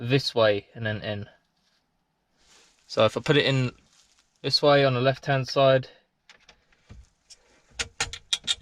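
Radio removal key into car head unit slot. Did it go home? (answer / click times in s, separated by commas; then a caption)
yes / 8.3 s. Someone talks while a radio removal key is pushed the wrong way into the left-hand slot of the head unit in an MK6 Fiesta ST150. Sharp clicks and rattles follow near the end, and the key clicks in at 8.3 s and then cannot be pulled back out.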